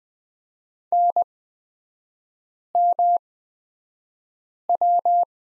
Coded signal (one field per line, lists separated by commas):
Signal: Morse code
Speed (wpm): 20 wpm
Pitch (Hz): 700 Hz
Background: none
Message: NMW